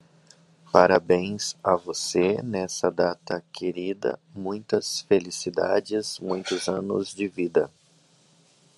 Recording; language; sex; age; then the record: short text; Brazilian Portuguese; male; 40 to 49 years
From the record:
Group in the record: control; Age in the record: 40 years